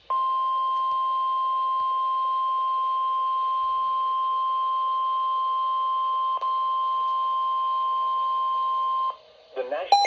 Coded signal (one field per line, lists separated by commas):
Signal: Emergency Alert System (SAME) tones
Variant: 1050 Hz attention tone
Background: speech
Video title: NOAA Weather Radio - Severe Thunderstorm Warning [EAS #190] (6/2/22)